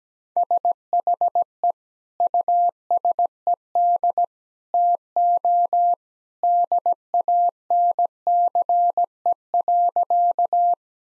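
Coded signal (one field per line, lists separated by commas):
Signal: Morse code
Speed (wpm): 17 wpm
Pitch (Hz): 700 Hz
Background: none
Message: SHE USED TO DANCE.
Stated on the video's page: Morse practice of sentences with common two-word phrases at 17 wpm; each sentence sent, then spoken, then sent again.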